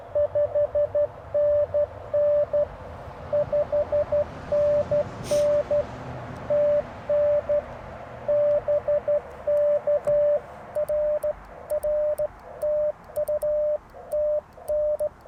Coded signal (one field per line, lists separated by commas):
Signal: Morse code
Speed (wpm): 15 wpm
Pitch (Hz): 600 Hz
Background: radio noise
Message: 5NN 5NN TN BK RR TU TN